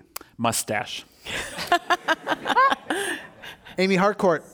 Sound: laughter